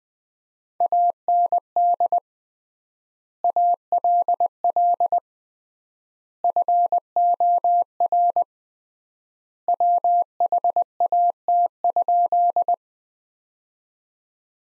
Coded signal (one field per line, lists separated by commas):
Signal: Morse code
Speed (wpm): 20 wpm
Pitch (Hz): 700 Hz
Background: none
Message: AND ALL FOR WHAT?